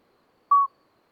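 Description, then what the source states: Common midwife toad: one pure, flute-like beep, steady in pitch and brief, standing alone against near silence. Two small toads calling all night until dawn; Lesches-en-Diois, 13 May 2020, after two days of rain with dripping vegetation; discreet song; recorded with Nagra Seven and MKH40.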